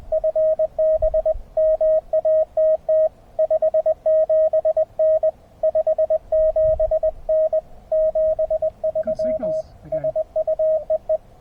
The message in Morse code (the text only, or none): FB MATT 57N 57N 73 SU EE